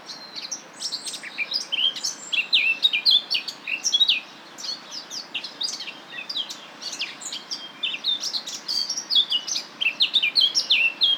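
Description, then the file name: Eurasian blackcap song: a continuous, fast warbling chatter of varied high, scratchy and whistled notes running through the whole stretch with little pause. "Sylvia atricapilla"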